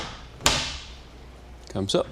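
A section of a folding hard tonneau cover is lowered onto the truck bed rails and latches shut with a small, sharp click at 0.5 s, confirming it has seated. Someone then talks briefly near the end.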